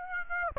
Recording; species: mosquito wingbeat signal from an infrared sensor; Aedes aegypti